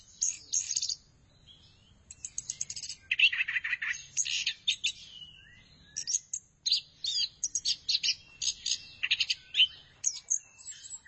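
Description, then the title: Thrush singing varied high warbles and squeaky chirps in repeated bursts after a brief opening phrase and a short quiet gap. "burung anis x"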